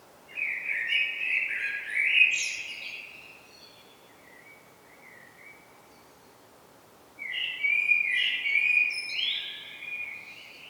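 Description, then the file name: Common blackbird singing two rich, fluty warbling phrases, each with high squeaky twitters, separated by a pause with soft notes between. "Turdus merula"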